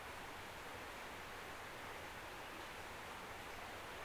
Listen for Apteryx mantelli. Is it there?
no